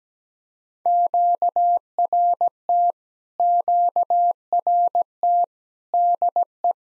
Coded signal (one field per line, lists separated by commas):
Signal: Morse code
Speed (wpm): 17 wpm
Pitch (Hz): 700 Hz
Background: none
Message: QRT QRT DE